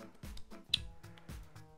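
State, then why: Seated. A plastic clip-in mount for a GoPro Hero 11 Black action camera is pushed into its support until it snaps, giving a sharp, loud click at 0.7 s. The mount is seated and clipped in, and a small locking clip then goes back on as a safety so the camera cannot come off once fixed.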